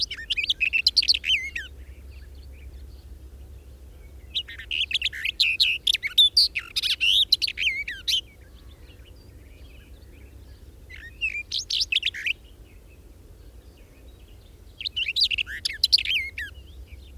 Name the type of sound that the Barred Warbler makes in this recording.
song